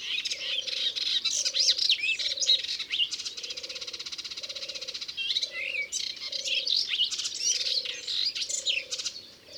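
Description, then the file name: Melodious warbler song of tumbling whistles and chatter broken by an even buzzing rattle, with a low hum pulsing repeatedly beneath. Recorded in Ardèche. "Hypolais-Polyglotte Ardeche"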